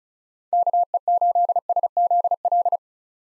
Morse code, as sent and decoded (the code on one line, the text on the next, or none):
-.- . ---.. ... --.. .-..
KE8SZL